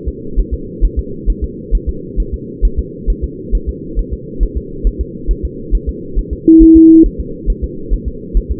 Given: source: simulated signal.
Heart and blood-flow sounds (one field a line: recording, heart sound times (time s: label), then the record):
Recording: fetal heart sounds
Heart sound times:
0.08 s: S2
0.39 s: S1
0.54 s: S2
0.85 s: S1
0.99 s: S2
1.30 s: S1
1.44 s: S2
1.75 s: S1
1.89 s: S2
2.20 s: S1
2.34 s: S2
2.65 s: S1
2.79 s: S2
3.10 s: S1
3.24 s: S2
3.55 s: S1
3.69 s: S2
3.99 s: S1
4.13 s: S2
4.43 s: S1
4.57 s: S2
4.87 s: S1
5.01 s: S2
5.31 s: S1
5.45 s: S2
5.75 s: S1
5.89 s: S2
6.19 s: S1
6.33 s: S2
6.62 s: S1
6.77 s: S2
7.06 s: S1
7.20 s: S2
7.50 s: S1
7.64 s: S2
7.94 s: S1
8.08 s: S2
8.37 s: S1
8.51 s: S2
From the record:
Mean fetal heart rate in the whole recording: 135 bpm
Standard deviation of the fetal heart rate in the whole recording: 3 bpm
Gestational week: 36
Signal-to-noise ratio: -4.3 dB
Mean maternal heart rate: 72 bpm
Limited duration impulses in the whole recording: present